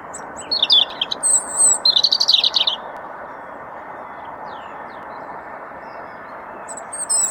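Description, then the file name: European robin singing a bright jumble of high warbled notes early on, a few faint notes later, then another high phrase at the end; low constant rushing noise. "Erithacus rubecula"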